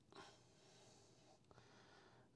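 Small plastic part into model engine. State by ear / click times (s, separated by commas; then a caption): not seated / none. A small plastic part is pushed into the engine of a 1:18 scale Agora Models Mitsubishi A6M Zero Fighter partwork model, with a breathy, snort-like burst near 0.2 s and a faint soft tap around 1.5 s over low background hiss. No click is heard; the part has not clicked, though it appears seated.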